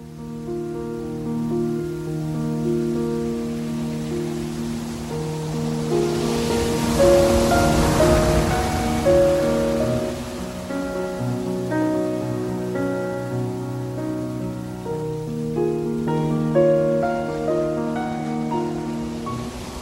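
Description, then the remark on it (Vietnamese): Sea waves rush and swell in a broad hissing surge that peaks midway as the wind rises and the waves churn into foam, mixed with steady sustained musical notes throughout and no voices. “Gió nổi, sóng biển ngầu bọt lên.”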